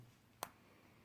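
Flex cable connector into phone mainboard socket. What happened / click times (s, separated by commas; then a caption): The flex connector snapped into its socket / 0.4 s. While reassembling a Samsung Galaxy S7 Edge during a pink line repair, an orange flex cable's board-to-board connector is pressed onto the phone's mainboard socket. A single short, sharp snap sounds at 0.4 s against a quiet background. The connector seats and clicks in.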